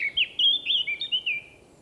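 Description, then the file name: Eurasian blackcap giving a short fluting phrase of clear, slurred whistles that wander up and down before trailing off, with light background hiss. "Sylvia atricapilla"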